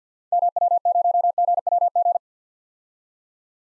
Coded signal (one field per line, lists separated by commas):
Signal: Morse code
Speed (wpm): 50 wpm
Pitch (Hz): 700 Hz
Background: none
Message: MW0GWG